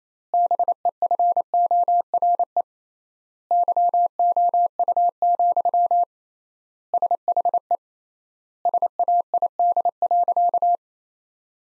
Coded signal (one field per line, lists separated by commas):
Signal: Morse code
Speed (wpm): 28 wpm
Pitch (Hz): 700 Hz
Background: none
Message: BEFORE YOU, SHE SAID.